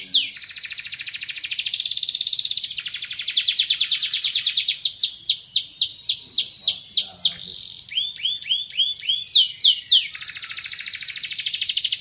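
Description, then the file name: Canary singing continuously: a long high buzzing trill, then rapid repeated downward-sweeping whistles, short chirping rolls and another sustained buzzy trill, all loud and fast. Song of a Van Helsing type canary. "kicauan kenari van helsing. omkicau"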